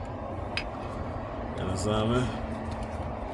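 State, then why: Not seated. A connector or clip is handled at a diesel fuel injector during a DD15 injector seal replacement, with a short sharp tick near 0.6 s against steady background noise while someone talks. Nothing has seated or clicked yet; the connector has not been snapped home onto the injector.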